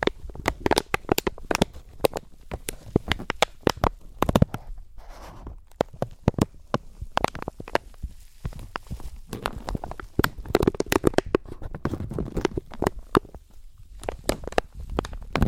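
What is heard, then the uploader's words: Slow, gentle crinkling fills the clip: dense clusters of sharp, bright crackles come in bursts, with short quieter gaps around five to six seconds and again near thirteen seconds. Softer low rustling sits beneath the snaps, and the pace stays loose and uneven throughout. ASMR Slow & Gentle Crinkle Triggers. (No Talking).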